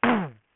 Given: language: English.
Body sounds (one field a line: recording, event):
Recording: throat vibration sensor signal played as sound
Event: throat clearing